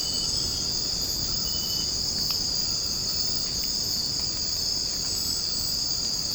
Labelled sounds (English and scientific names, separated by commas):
none